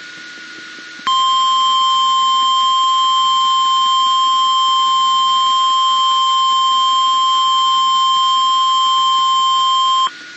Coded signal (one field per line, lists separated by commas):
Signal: Emergency Alert System (SAME) tones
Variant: 1050 Hz attention tone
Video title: NOAA Weather Radio Recordings - Late Night on April 13, 2022 (Raw Footage)